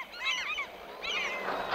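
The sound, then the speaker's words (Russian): A flock of birds, frightened by a gunshot, takes off from a ploughed field with two short bursts of harsh, goose-like honking calls, fairly faint and with no one speaking. “Испуганные выстрелом, с пашни взлетают птицы.”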